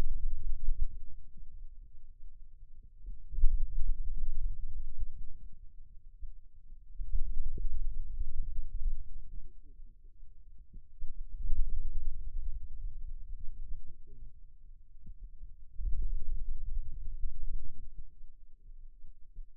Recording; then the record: forearm muscle sounds (acoustic myography)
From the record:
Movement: finger pinch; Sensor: system 2, bracelet of six BSWA MPA416 microphones around the upper forearm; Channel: 1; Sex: male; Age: 22 years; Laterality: right